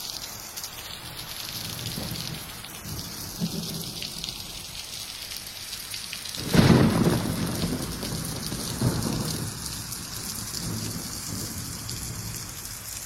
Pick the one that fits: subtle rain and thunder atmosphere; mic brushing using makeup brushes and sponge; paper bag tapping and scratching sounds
subtle rain and thunder atmosphere